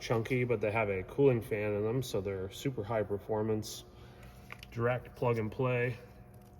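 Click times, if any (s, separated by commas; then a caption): none. Someone talks while handling the plastic wiring connector of the headlight harness and an LED 9006 low beam bulb with a built-in cooling fan, for a 2009-2013 Toyota Corolla. The connector has not yet been pushed onto the bulb's plug, and nothing has seated or clicked yet.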